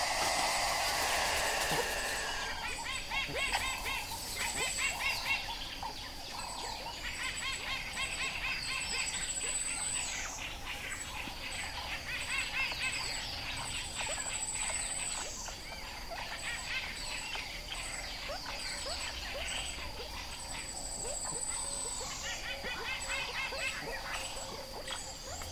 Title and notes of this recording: Unidentified Call At Kapamba Bushcamp. An unidentified creature calls at dawn in the savanna.